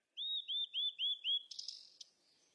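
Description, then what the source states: Bird calling, five quick upslurred whistled notes in a row, followed by a brief buzzy, scratchy burst. Birds at play.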